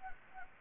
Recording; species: mosquito wingbeat signal from an infrared sensor; Anopheles gambiae